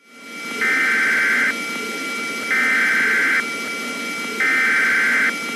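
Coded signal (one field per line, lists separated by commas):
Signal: Emergency Alert System (SAME) tones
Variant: header bursts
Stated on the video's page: Fictional EAS scenario.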